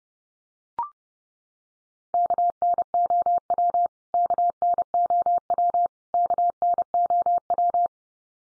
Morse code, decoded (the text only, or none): KNOW KNOW KNOW